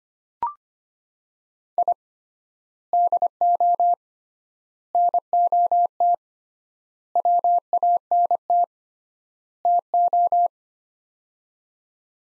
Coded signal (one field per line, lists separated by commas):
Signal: Morse code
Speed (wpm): 25 wpm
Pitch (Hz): 700 Hz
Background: none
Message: I DO NOT WANT TO